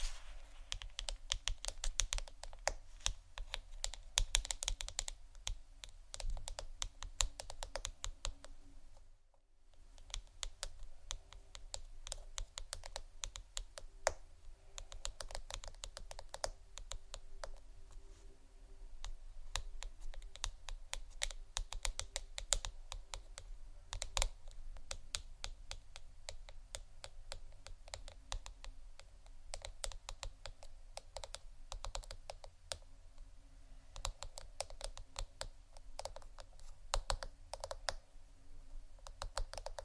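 Fingers tap rapidly on objects such as wood, ceramic and a book, in dense, uneven bursts of sharp clicks with a soft low thud beneath. The tapping runs almost nonstop, stopping only briefly around nine seconds before resuming at the same busy pace.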